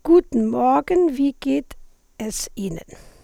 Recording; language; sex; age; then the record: spoken sentence; German; female; 60 to 69 years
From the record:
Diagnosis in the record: hyperfunctional dysphonia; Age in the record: 64 years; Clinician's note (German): Beginnend